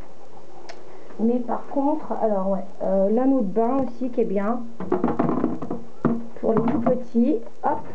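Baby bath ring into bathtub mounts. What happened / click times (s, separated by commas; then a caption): Handled, not yet home: no seating click is heard / none. A plastic baby bath ring is handled over a plastic baby bathtub, about to be clipped onto its mounts, while someone talks throughout, with a brief sharp tap near 0.7 s. Nothing has seated or clicked yet; the clip ends just before the ring goes home.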